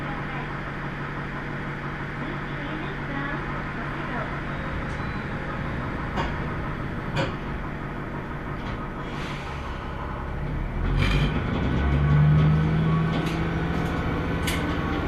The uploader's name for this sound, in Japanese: 天竜浜名湖鉄道 都田→天竜二俣